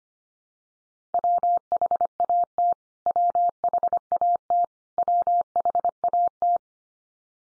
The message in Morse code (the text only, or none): WHAT WHAT WHAT